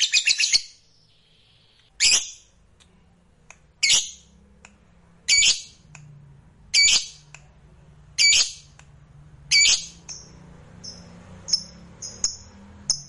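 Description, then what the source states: Lovebird giving harsh, shrill squawks repeated roughly every one and a half seconds, followed by quicker thin high squeaks; low background hum throughout. Fighter lovebird singing energetically (gacor).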